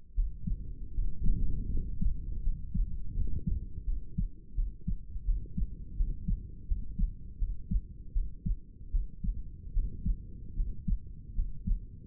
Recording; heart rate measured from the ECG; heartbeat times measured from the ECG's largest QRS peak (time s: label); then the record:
heart sounds by stethoscope; 80 bpm
0.15 s: heartbeat
0.94 s: heartbeat
1.70 s: heartbeat
2.42 s: heartbeat
3.14 s: heartbeat
3.85 s: heartbeat
4.55 s: heartbeat
5.25 s: heartbeat
5.96 s: heartbeat
6.67 s: heartbeat
7.38 s: heartbeat
8.13 s: heartbeat
8.91 s: heartbeat
9.73 s: heartbeat
10.56 s: heartbeat
11.35 s: heartbeat
From the record:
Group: healthy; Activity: rest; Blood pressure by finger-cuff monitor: 117/76 mmHg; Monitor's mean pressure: 86 mmHg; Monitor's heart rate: 81 bpm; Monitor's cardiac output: 6.6 L/min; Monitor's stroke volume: 81 mL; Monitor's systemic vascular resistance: 940 dyn s/cm5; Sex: male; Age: 35 years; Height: 180 cm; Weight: 86.9 kg